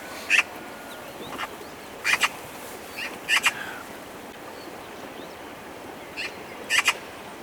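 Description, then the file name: Eurasian magpie giving harsh, rasping chack notes, singly and in quick pairs, scattered irregularly throughout over a steady background hiss. "Pica pica"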